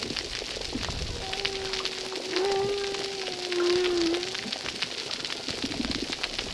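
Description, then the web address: Humpback whale song: one long, sustained, slightly wavering moan lasting about three seconds, with crackling reef noise throughout. Humpback whales recorded at a reef site called Recif 10; recording filtered. "RECIFS Recif 10 Humpback Whales"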